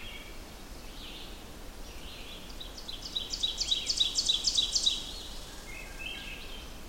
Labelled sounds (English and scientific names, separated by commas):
Ovenbird (Seiurus aurocapilla) song